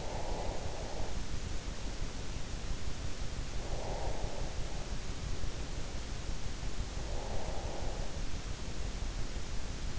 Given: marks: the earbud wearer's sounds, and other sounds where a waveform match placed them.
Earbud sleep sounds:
sounds in sleep by an in-ear microphone; breath
0.00-1.55 s: breath
3.23-4.69 s: breath
6.79-8.47 s: breath

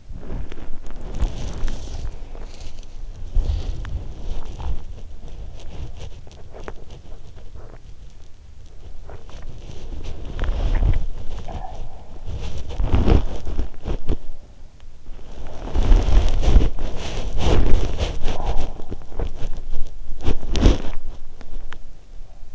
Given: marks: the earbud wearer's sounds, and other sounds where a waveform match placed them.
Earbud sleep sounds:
sounds in sleep by an in-ear microphone; body movement, teeth grinding, swallowing, talking in sleep
0.00-22.55 s: body movement
6.52-6.85 s: teeth grinding
7.43-7.90 s: swallowing
10.20-11.29 s: teeth grinding
11.38-12.10 s: talking in sleep
21.33-21.86 s: teeth grinding

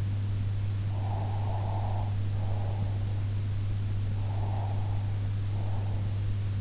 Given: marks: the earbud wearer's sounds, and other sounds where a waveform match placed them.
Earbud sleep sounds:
sounds in sleep by an in-ear microphone; breath
0.87-3.13 s: breath
4.16-6.18 s: breath

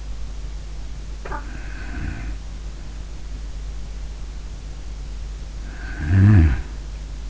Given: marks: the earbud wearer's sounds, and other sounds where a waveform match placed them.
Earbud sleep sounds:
sounds in sleep by an in-ear microphone; snoring breath
1.00-2.74 s: snoring breath
5.48-6.97 s: snoring breath

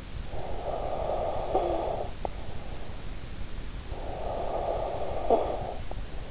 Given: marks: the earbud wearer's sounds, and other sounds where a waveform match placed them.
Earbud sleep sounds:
sounds in sleep by an in-ear microphone; snoring breath
0.23-2.58 s: snoring breath
3.67-6.31 s: snoring breath

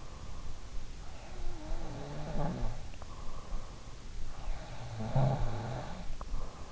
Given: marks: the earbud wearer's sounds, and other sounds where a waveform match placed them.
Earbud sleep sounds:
sounds in sleep by an in-ear microphone; snoring breath
0.96-3.59 s: snoring breath
4.27-6.72 s: snoring breath

